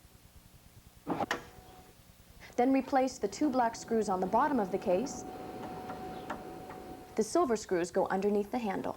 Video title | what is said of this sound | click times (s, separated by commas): How to Install RAM in Your Vintage Macintosh - 1991 MacWarehouse Instructional Video | the case on so that it clicks into place. | 1.3 s